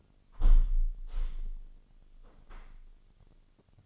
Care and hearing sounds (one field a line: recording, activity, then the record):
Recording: daily activity, microphone in the room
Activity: close window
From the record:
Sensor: 4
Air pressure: 998.8 hPa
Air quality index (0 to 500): 111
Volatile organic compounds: 2 ppm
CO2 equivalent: 1090 ppm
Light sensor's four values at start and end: 10/24/9/10 and 10/24/9/10